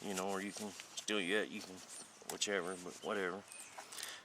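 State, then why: Seated. Someone talks through most of the clip, then a knife is pushed into a custom scabbard and a sharp snap at 4.0 s marks the scabbard's retention catching it. The knife ends up seated and held in place by the retention.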